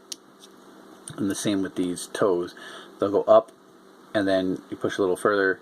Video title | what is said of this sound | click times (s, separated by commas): Transformers Titans Return Skullsmasher & Grax from Hasbro | His left side pegs in a little tighter, just clips. You actually hear the little clip. | 0.1 s